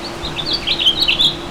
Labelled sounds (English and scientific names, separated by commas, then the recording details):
House Finch (Haemorhous mexicanus) song
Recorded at Merrick on Long Island, New York, on 17 May 2013
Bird B